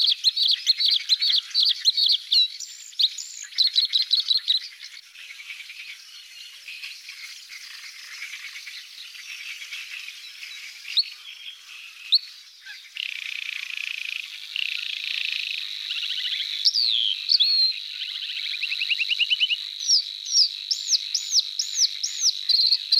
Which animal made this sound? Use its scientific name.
Luscinia svecica